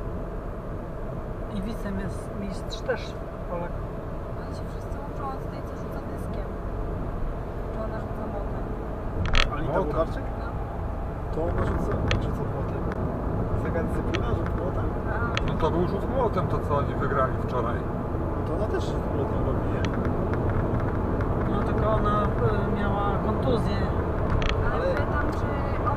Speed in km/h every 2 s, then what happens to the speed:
62, 64, 64, 64, 70, 76, 78, 79, 80, 81, 88, 96, 103.
0-6 steady at about 64. 6-26 speeds up to 103.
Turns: none.